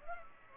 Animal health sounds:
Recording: mosquito wingbeat signal from an infrared sensor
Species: Culex pipiens

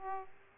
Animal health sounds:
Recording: mosquito wingbeat signal from an infrared sensor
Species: Aedes aegypti

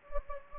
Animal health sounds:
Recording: mosquito wingbeat signal from an infrared sensor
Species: Anopheles gambiae

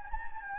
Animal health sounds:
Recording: mosquito wingbeat signal from an infrared sensor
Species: Anopheles gambiae

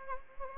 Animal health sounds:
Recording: mosquito wingbeat signal from an infrared sensor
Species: Anopheles gambiae

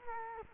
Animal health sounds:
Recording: mosquito wingbeat signal from an infrared sensor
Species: Culex quinquefasciatus

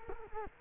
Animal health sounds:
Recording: mosquito wingbeat signal from an infrared sensor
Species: Culex quinquefasciatus

